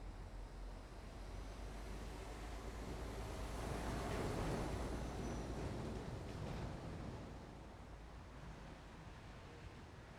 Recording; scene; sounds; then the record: everyday scene through a hearing-aid microphone; in traffic; traffic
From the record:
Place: main road on the outskirts, rush hour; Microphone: behind the ear, left, front